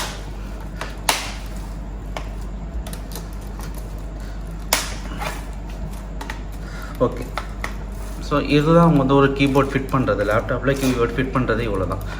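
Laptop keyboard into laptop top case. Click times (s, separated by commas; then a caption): 1.1 s, 4.7 s. A replacement laptop keyboard is set into the laptop's top case and pressed down so its plastic retaining clips lock in, giving sharp clicks at 1.1 s and 4.7 s, with a few quieter taps in between. Someone talks from about 8 seconds on, and the keyboard ends up seated and nicely fitted.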